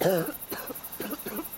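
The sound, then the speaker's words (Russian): A person in a barn fakes a loud, raspy cough: a voiced, throaty opening followed by three short, sharp coughing bursts, with no talking. “… имитирует громкий кашель.”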